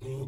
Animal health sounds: pig call; weaner (32 to 43 days)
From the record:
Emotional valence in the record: negative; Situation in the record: long isolation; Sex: female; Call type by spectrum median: low-frequency call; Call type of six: low-frequency stable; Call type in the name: low-frequency stable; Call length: 0.27 s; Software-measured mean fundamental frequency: 66 Hz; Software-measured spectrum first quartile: 128 Hz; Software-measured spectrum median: 242 Hz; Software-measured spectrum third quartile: 482 Hz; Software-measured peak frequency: 124 Hz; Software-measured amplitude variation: 84 dB a second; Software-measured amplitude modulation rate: 16.6 a second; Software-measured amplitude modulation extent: 5.1 dB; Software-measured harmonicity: -5.7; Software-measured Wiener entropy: -0.20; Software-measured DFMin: 1336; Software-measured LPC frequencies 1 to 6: 357, 2380, 3553, 5595, 6371, 7182 Hz

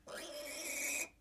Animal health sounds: pig call; piglet (1 to 25 days)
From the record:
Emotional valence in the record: negative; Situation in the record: restrain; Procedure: back test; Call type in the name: high-frequency call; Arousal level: low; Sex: male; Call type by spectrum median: high-frequency call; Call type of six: high-frequency stable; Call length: 1.21 s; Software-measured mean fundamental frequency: 305 Hz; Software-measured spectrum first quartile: 1861 Hz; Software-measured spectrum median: 4363 Hz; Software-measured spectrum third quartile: 7805 Hz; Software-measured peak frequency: 2262 Hz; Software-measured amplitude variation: 121 dB a second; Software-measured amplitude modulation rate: 23.1 a second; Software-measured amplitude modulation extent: 5.3 dB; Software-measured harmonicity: 2.3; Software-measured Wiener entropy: -1.94

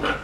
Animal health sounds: pig call; growing-finishing pig (85 days or more)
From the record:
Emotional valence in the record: positive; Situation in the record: run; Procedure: transit

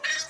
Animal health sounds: pig call; piglet (1 to 25 days)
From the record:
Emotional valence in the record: negative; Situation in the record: fighting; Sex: male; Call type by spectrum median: high-frequency call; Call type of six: high-frequency stable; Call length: 0.30 s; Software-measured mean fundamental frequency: 269 Hz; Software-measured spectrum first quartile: 1868 Hz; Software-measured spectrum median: 2857 Hz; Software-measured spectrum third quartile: 4856 Hz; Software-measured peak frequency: 1854 Hz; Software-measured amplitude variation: 183 dB a second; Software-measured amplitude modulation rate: 18.3 a second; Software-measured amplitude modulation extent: 10.0 dB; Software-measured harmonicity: 6.9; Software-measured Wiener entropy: -1.80

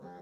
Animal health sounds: pig call; piglet (1 to 25 days)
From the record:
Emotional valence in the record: negative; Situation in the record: long isolation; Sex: male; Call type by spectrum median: low-frequency call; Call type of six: low-frequency stable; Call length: 0.22 s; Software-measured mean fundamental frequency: 86 Hz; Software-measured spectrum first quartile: 286 Hz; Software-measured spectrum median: 513 Hz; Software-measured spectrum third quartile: 824 Hz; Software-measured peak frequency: 189 Hz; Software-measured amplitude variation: 51 dB a second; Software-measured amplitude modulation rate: 18.3 a second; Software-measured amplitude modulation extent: 2.8 dB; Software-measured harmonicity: 3.3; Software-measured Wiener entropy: 0.05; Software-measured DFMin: 1006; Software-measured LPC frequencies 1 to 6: 735, 1663, 3473, 4061, 5409, 6343 Hz

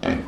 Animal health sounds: pig call; growing-finishing pig (85 days or more)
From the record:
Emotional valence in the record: negative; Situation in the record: barren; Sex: female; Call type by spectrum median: low-frequency call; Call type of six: low-frequency tonal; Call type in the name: low-frequency stable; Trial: 1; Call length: 0.28 s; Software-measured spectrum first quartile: 246 Hz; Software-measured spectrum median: 487 Hz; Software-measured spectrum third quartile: 1149 Hz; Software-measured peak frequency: 253 Hz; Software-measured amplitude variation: 194 dB a second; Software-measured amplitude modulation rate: 28.3 a second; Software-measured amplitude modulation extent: 6.9 dB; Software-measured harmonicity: 0.9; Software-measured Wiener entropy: -1.21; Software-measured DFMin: 677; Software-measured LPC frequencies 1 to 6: 399, 1746, 2353, 3181, 3888, 4573 Hz

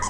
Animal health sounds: pig call; piglet (1 to 25 days)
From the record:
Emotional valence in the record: positive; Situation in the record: reunion after long isolation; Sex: male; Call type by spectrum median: low-frequency call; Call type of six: low-frequency tonal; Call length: 0.10 s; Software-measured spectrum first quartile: 682 Hz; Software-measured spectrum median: 1760 Hz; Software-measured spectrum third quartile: 5854 Hz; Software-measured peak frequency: 993 Hz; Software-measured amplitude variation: 74 dB a second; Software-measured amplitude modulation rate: 14.9 a second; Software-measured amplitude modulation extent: 5.0 dB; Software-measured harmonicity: 4.9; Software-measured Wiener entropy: -3.12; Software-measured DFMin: 1006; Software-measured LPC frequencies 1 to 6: 1004, 1949, 3174, 4257, 5124, 6035 Hz

